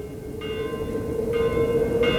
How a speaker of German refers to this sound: Als draußen auf dem Schachte das Schichtzeichen erklungen war, hatte auch hier im Städtchen der Küster die Glocke in Bewegung gesetzt, damit die Einwohner wissen sollten, dass es Mittag sei. Dieses Geläute unterbrach das scharfe, taktmäßige Geräusch